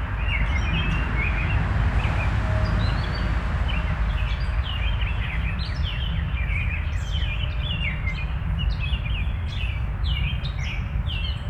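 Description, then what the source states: Birds chirping, sparse notes at first that build into dense rapid chirping, with a constant low rumble underneath. Birds heard along with a distant train.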